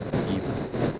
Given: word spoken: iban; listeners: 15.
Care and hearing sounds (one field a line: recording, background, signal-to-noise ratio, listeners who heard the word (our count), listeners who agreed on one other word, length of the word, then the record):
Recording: one Spanish word in noise, from a listening test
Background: noise modulated by three-talker babble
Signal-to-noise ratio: -5.1 dB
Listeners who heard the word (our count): 0 of 15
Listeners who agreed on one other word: 7 of 15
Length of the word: 0.60 s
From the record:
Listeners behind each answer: 7, 2, 1, 1, 1, 1, 1, 1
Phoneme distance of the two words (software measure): 7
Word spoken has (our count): 2 syllables, 4 phonemes, stress on syllable 1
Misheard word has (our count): 2 syllables, 3 phonemes, stress on syllable 1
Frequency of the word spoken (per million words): 69.19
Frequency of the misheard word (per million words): 225.35